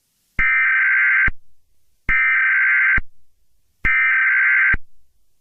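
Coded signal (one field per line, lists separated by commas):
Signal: Emergency Alert System (SAME) tones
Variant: header bursts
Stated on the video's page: Fictional EAS scenario, not a real alert.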